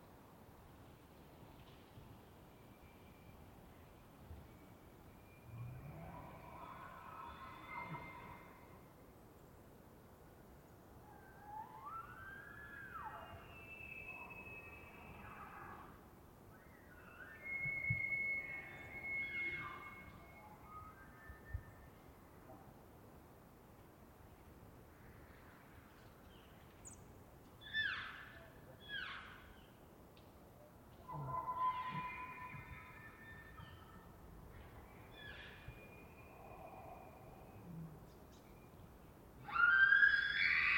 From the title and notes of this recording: Elk Multiple Bulls Close Scream Roars Distant Ethereal Calls. It was rutting season in the Colockum Wildlife area. These are raw tracks, down-mixed to stereo (from double-m/s), normalized to -23 LUFS and down-sampled to 48k with no other filtering. Elk, mostly bulls bugling, screaming, roaring, whistling, and chirping.